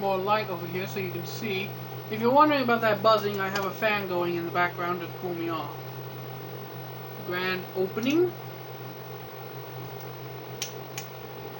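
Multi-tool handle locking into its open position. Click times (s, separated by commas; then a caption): 10.6 s, 11.0 s. Someone talks over a steady low hum from a fan running in the background while flipping open an Ozark Trail metal multi-tool with pliers. The handles lock into the open position with two sharp clicks at 10.6 s and 11.0 s, meaning the tool is secure.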